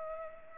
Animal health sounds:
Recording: mosquito wingbeat signal from an infrared sensor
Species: Culex pipiens

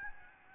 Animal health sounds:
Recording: mosquito wingbeat signal from an infrared sensor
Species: Aedes albopictus

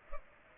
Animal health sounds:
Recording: mosquito wingbeat signal from an infrared sensor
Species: Culex pipiens

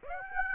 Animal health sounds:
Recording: mosquito wingbeat signal from an infrared sensor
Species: Aedes aegypti

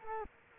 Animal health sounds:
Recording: mosquito wingbeat signal from an infrared sensor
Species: Culex quinquefasciatus

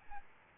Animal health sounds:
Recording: mosquito wingbeat signal from an infrared sensor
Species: Aedes albopictus

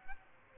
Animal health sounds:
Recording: mosquito wingbeat signal from an infrared sensor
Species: Aedes albopictus

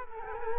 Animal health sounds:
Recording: mosquito wingbeat signal from an infrared sensor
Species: Culex quinquefasciatus

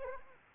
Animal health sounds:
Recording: mosquito wingbeat signal from an infrared sensor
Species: Anopheles arabiensis

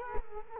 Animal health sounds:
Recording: mosquito wingbeat signal from an infrared sensor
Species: Culex quinquefasciatus

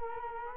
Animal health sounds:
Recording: mosquito wingbeat signal from an infrared sensor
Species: Culex quinquefasciatus

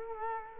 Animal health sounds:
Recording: mosquito wingbeat signal from an infrared sensor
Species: Culex quinquefasciatus

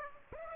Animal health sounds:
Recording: mosquito wingbeat signal from an infrared sensor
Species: Aedes aegypti

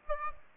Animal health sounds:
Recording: mosquito wingbeat signal from an infrared sensor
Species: Aedes aegypti

